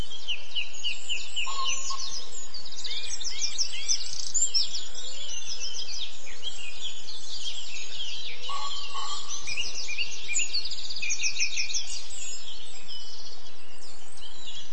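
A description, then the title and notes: A dawn chorus of birdsong fills the whole stretch, many birds singing at once in dense, overlapping high chirps and trills. A lower, steady tone sounds briefly near 1.5 seconds and again around 8.5 to 9.5 seconds, over a constant soft hiss. Experience the Dawn Chorus. Sit back and immerse yourself in the rich and vibrant sounds of birdsong from the Dorset Beaver Project site and reconnect with nature.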